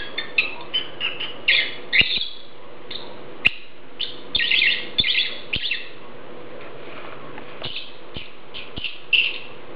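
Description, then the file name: Lovebird chirping, shrill squeaky notes run together in fast irregular bursts, a low hum behind. "Prostaya fauna Golosa ptic - Nerazluchniki lat Agapornis (Zvyki com)"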